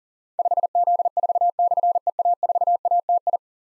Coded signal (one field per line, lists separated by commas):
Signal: Morse code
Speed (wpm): 44 wpm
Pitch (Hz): 700 Hz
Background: none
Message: 5Z4/EA4ATI